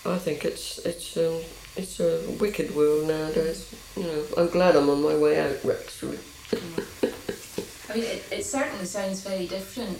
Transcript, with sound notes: I think it's a-- it's a wicked world nowadays.
Mhm.
I'm glad I'm on my way out. [laughs]
I mean it certainly sounds very different.